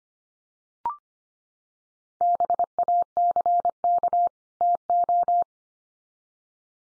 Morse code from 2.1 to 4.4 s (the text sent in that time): BACK